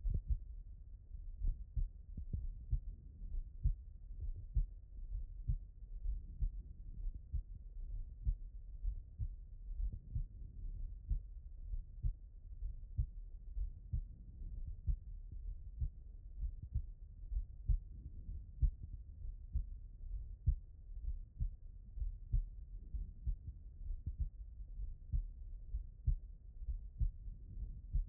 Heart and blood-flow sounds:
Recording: heart sounds by stethoscope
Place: pulmonary valve (PV)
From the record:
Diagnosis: non-HFrEF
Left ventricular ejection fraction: 58%

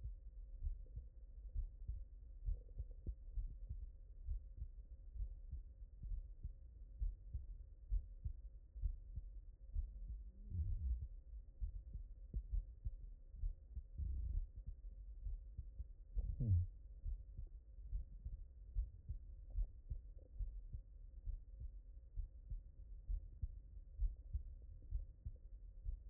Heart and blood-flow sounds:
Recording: heart sounds by stethoscope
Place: mitral valve (MV)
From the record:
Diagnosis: non-HFrEF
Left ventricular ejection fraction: 62%

